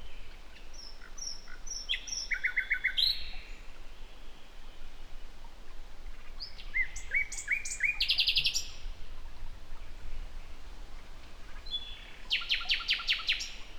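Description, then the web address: Common nightingale singing rich phrases: high thin whistles, then fast stuttering repeated notes and a loud rattling burst near the end, with low rumbling background noise. "SETE Luscinia megarhynchos"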